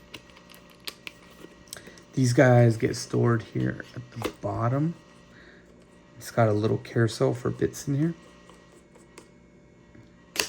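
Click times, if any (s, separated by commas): 10.4 s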